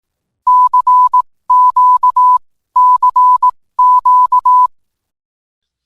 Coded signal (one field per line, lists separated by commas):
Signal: Morse code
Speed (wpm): 18 wpm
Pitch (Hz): 1000 Hz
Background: none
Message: CQCQ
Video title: TARCTalks - An Introduction to Digital Modes